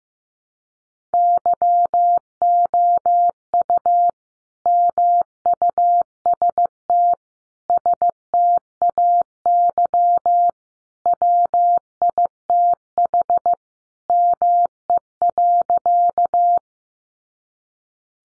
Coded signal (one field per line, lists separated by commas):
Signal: Morse code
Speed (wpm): 15 wpm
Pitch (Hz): 700 Hz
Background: none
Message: YOU MUST STAY WITH ME.